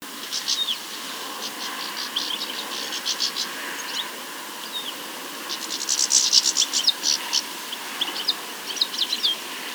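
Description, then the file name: European goldfinch calls, bright twittering chirps and short upswept notes in loose bursts, over a steady background hiss. "Carduelis carduelis"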